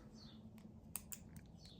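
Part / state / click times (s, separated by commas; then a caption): plastic pin lock in wiring connector housing / seated / 1.0 s. A pink plastic pin lock (holder) is pushed back into the tail light connector housing of a European IQ tail light harness on a Golf 8, after two wires have been pushed into pins one and seven. Over a steady low hum, faint ticks lead up to a sharp click at 1.0 s, followed by a smaller tick at 1.1 s and a faint one at 1.4 s. The lock clicks in and is seated.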